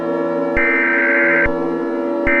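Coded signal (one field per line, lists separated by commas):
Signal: Emergency Alert System (SAME) tones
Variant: header bursts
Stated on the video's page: Fictional scenario with valid tones, made in iMovie.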